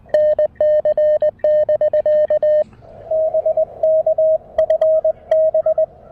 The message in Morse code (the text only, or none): NC<BK> BK FB